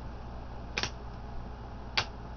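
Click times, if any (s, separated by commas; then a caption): 0.8 s, 2.0 s. On a Dell Inspiron N7010 (17R) laptop, the black plastic screen bezel around the display lid is pulled gently by hand from the inside edge. Two sharp plastic snaps are heard at about 0.8 s and 2.0 s as its little plastic latches unlatch. The bezel comes loose.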